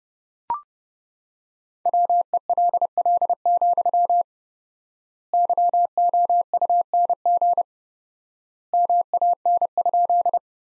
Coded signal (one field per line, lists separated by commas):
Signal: Morse code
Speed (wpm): 32 wpm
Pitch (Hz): 700 Hz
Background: none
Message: WELL, YOUNG MAN?